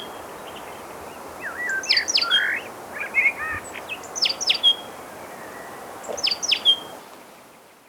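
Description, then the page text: Rufous-naped tit uttering groups of sharp, high chipping notes with a few lower twisting whistles, repeated at irregular intervals against a constant noisy background. "Rufous-Naped Tit Calls. Quick Sounds"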